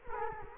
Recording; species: mosquito wingbeat signal from an infrared sensor; Culex quinquefasciatus